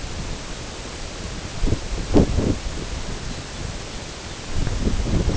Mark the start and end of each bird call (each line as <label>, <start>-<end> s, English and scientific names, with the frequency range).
Lapland Longspur (Calcarius lapponicus) (2.5-4.9 kHz), 3.13-3.75 s
Lapland Longspur (Calcarius lapponicus) (2.4-4.5 kHz), 4.07-4.53 s